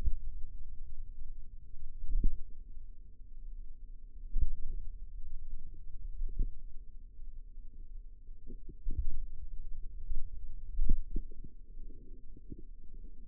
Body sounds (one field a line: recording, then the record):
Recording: forearm muscle sounds (acoustic myography)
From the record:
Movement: finger pinch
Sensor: system 2, bracelet of six BSWA MPA416 microphones around the upper forearm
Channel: 3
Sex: female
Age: 22 years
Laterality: right